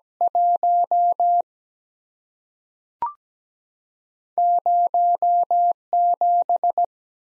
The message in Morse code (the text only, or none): 1 07